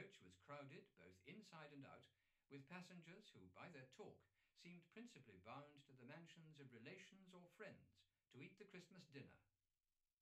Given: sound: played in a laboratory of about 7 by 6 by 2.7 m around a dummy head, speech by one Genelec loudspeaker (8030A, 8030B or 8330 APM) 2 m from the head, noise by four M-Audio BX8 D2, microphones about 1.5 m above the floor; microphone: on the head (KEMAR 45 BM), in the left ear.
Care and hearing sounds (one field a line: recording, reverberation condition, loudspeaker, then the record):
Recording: male speech in English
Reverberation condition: low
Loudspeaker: behind (180 degrees)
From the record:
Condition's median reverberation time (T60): about 310 ms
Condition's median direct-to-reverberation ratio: about 3.5 dB